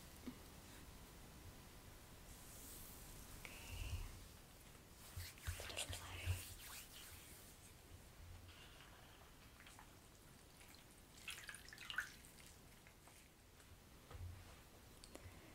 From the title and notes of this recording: ASMR Natural Spa Facial Treatment & Scalp Massage.